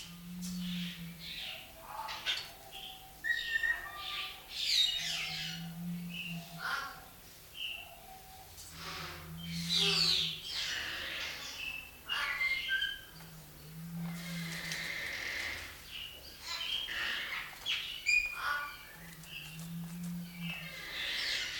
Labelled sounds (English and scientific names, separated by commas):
Golden Myna (Mino anais)